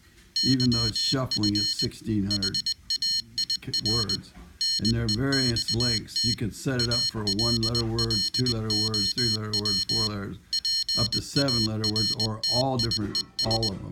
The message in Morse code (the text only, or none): YF HAIR NEXT ALLOW PARTIES